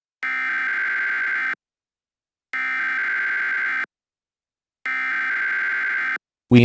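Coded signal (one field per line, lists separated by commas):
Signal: Emergency Alert System (SAME) tones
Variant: header bursts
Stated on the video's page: Fictional EAS scenario.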